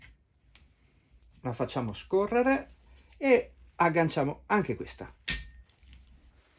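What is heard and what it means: A second wiper blade on a Renault Clio 3 is slid onto the other wiper arm and hooked in place while someone talks. A sharp click at 5.3 s marks the blade seating on the arm, followed by a few faint small sounds.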